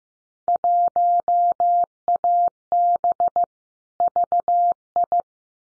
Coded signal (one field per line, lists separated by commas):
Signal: Morse code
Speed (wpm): 15 wpm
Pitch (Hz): 700 Hz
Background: none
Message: 1AB VI